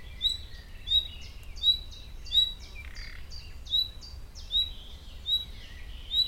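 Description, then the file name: Common nightingale repeating a brief rising whistle about every three-quarters of a second, with busy buzzy and chattering notes in between. "Luscinia megarhynchos"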